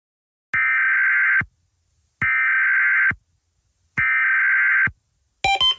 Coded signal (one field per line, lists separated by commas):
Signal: Emergency Alert System (SAME) tones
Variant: header bursts